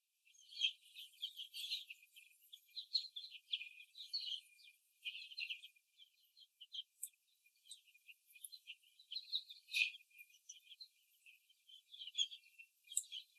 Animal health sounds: young laying hens in a cage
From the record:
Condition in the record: after the stressor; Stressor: simulated dog barking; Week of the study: 2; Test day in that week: 3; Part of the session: 1

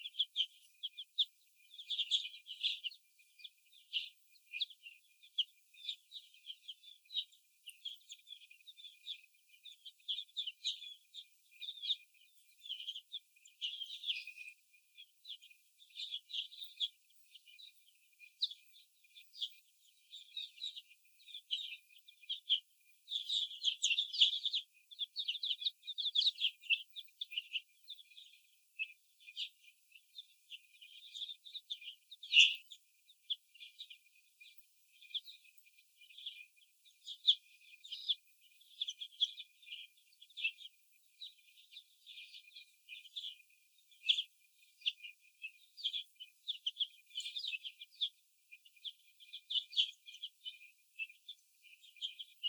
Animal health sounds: young laying hens in a cage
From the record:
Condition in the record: before the stressor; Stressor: sudden umbrella opening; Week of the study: 2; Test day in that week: 1

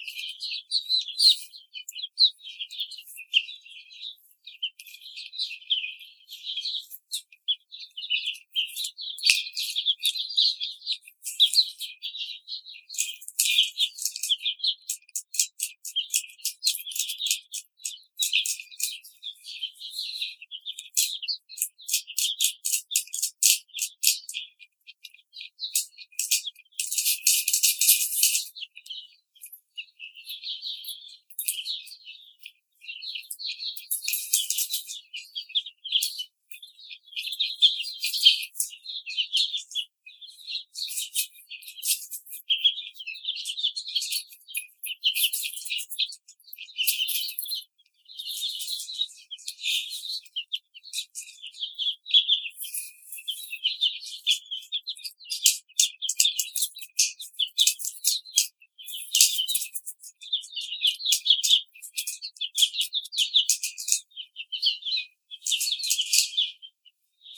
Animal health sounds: young laying hens in a cage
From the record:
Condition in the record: treatment cage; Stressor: simulated dog barking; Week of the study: 5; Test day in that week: 1

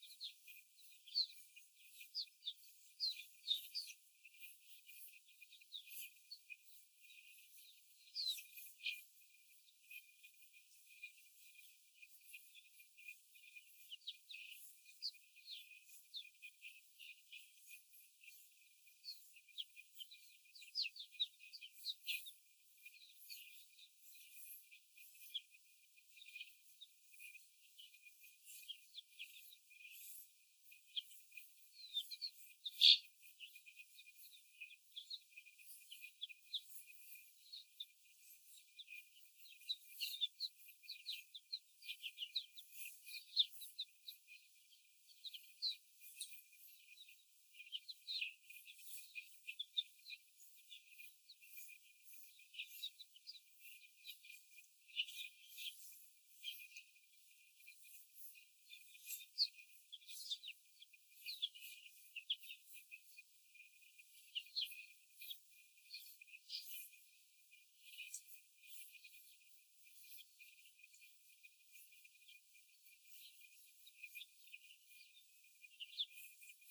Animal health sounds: young laying hens in a cage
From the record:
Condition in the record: before the stressor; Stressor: simulated dog barking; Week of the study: 4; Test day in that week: 1

